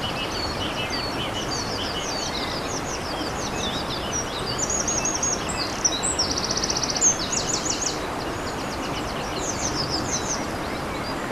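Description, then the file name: Eurasian wren song, high and fast, with a brief rattling trill near the middle, half buried under constant running water. Beside a stream on 21 April 2015, recorded with an MZ-N710 device. "Troglodyte mignon ruisseau 21 04 15"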